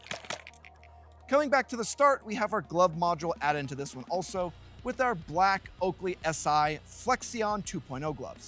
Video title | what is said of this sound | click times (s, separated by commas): Duty vs Assaulter vs Competition - MB3 Belt Loadouts | And yes, it locks in place. | 0.1 s